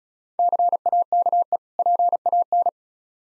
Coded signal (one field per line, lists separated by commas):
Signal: Morse code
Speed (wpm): 36 wpm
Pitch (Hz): 700 Hz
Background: none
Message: CAKE PAN